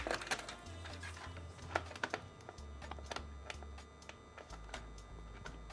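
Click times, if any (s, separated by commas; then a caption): none. A PC component is handled and pushed back into its slot in a Hyte Y70 Touch build with a Ryzen 7 7800X3D and Radeon RX 7900XTX, giving rattling, tapping contact sounds over a steady low hum. Short sharp knocks come at about 1.8, 2.0 and 2.1 seconds. The part has not seated yet.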